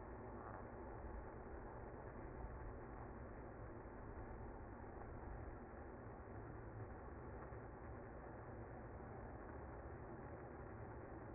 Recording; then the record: honeybee colony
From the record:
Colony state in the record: active